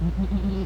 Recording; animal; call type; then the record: contact call of a hoofed animal; goat; low-frequency (closed-mouth) or high-frequency (open-mouth) call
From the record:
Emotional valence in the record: negative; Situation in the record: short social isolation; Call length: 0.66 s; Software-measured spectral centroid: 1330 Hz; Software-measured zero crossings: 420 a second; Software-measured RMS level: -24 dBFS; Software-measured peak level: -13 dBFS